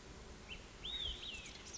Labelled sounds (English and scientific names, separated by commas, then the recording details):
Olive-sided Flycatcher (Contopus cooperi)
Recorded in Sonoma County, California